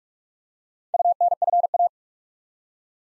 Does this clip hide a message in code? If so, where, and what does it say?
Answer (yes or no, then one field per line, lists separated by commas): yes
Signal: Morse code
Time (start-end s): 0.9-1.9 s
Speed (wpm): 44 wpm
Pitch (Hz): 700 Hz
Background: none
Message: UNFA